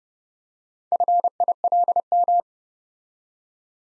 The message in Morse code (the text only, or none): FILM